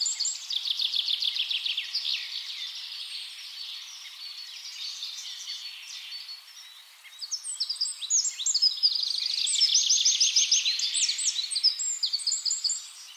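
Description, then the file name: Eurasian wren pouring out high, rapid song with a long fast trill early on, a softer middle stretch, then a loud run of sharp piercing notes and rattles. "Troglodytes troglodytes"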